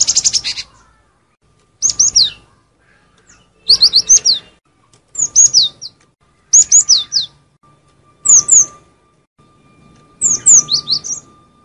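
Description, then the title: Lovebird chirping, piercing descending notes delivered in rapid clusters roughly every one to two seconds, a faint steady tone running underneath. Lure call used for trapping lovebirds. "PIKAT BURUNG LOVEBIRD"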